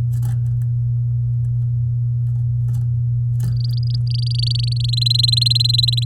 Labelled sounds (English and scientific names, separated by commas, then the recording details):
Domestic Canary (Serinus canaria) song
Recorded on 8 May 2018 at 14:55
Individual llb16